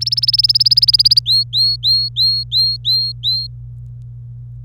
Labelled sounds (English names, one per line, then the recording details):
Domestic Canary song
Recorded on 25 April 2018 at 14:01
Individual llb3